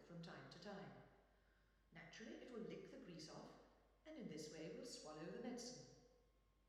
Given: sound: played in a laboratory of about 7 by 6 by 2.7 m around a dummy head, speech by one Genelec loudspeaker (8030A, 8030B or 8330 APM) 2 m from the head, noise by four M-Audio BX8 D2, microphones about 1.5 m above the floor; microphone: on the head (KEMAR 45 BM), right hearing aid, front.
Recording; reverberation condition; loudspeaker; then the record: female speech in English; high; 90 degrees to the right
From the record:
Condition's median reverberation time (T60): about 1300 ms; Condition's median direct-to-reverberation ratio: about -4.0 dB